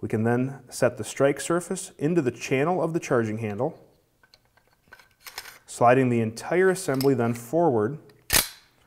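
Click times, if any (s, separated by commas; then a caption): 8.2 s. Someone talks while a Huldra Mark IV rifle upper receiver, turned upside down with the charging handle partly extended, has the strike surface set into the charging handle's channel and the bolt carrier and charging handle assembly slid forward. At 8.2 s a sharp click is heard as the spring-loaded dust cover pops open, not the assembly locking in place.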